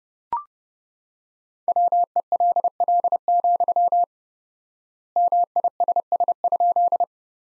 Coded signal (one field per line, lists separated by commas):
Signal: Morse code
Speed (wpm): 30 wpm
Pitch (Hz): 700 Hz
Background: none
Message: WELL, MISS?